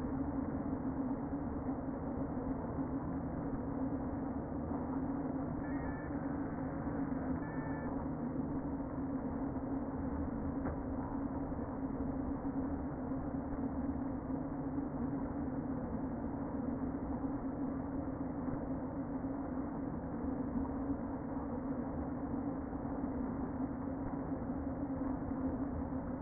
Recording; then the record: honeybee colony, microphone inside the hive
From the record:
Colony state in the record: queen present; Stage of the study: before two queens were removed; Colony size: about 60,000 bees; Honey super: yes